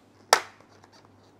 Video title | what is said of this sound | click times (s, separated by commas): Cara Mudah Tukar Visor GIVI M35.0 SCUDO | Okey tekan sampai dia berbunyi. | 0.3 s